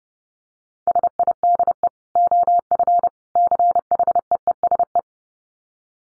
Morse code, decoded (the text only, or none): SIDE OF CHEESE